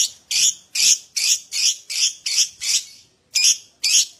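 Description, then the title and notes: Lovebird song: loud, harsh, rasping screeches repeated rapidly, about two per second, with one short gap near the end. Adult lovebird, described as gacor (singing constantly) with an owor-owor song style. "LOVEBIRD GACOR OWOR OWOR. Lovebird Dewasa"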